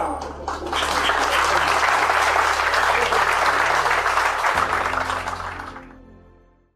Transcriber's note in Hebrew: הקהל מוחא כפים